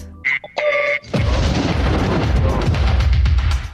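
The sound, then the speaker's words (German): An explosion sound effect: a brief tonal electronic whine stutters for about a second, then a loud explosion bursts in, followed by a sustained, crackling low rumble that roars steadily to the end. “The Heterodyne High Quality Sound Recreation Explosion.”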